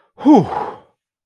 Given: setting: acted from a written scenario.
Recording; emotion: vocal sound without words; relief